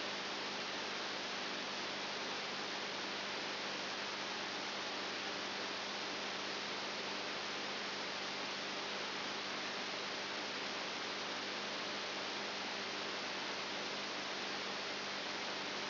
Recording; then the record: brain microelectrode recording played as sound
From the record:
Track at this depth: outside the subthalamic nucleus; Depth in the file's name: 8 mm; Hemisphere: right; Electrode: 2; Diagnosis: Parkinson's disease